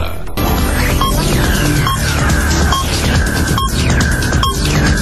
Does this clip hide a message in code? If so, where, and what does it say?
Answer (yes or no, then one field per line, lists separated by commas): no